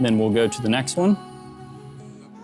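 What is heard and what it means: Someone talks briefly while handling the second XKGLOW universal-fit truck bed LED light pod on its adjustable plastic ratcheting mounting bracket, about to rotate it up by one detent step. After the talking stops at about 1.2 s, only a faint steady hum remains. The bracket has not clicked yet, and nothing has seated.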